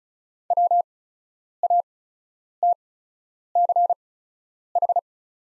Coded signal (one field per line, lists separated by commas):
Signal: Morse code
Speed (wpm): 36 wpm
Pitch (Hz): 700 Hz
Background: none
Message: WATCH